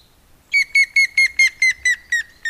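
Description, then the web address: Grey-headed woodpecker giving a series of loud, ringing whistled notes, evenly paced and sliding slightly lower in pitch toward the end. "agykontroll Madardalok Cd 1. Hamvas küllő"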